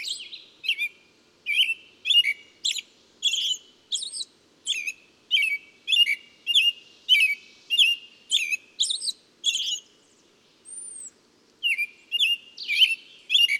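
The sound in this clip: Bird song: steady sequence of high chirps and squeaky twitters, a brief pause with one thin arched whistle, then the chirping resumes.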